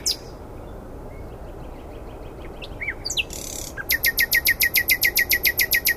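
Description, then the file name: Common nightingale song: soft whistles and a buzzy burst, followed by a loud, rapid, evenly spaced series of sharp repeated notes lasting over two seconds, with background hiss. "Luscinia megarhynchos"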